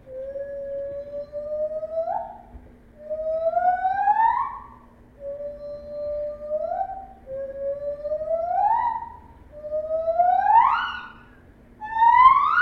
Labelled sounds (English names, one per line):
Lar Gibbon